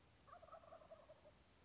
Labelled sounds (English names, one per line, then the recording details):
Wild Turkey
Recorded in Sonoma County, California